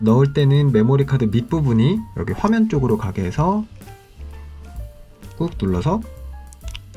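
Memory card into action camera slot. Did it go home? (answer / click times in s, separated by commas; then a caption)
yes / 6.8 s. A microSD memory card is pushed firmly into the card slot of a GoPro 12 action camera, inserted with its bottom edge facing the screen side. Someone talks over background music, then a short sharp click is heard at 6.8 s as the card seats in the slot.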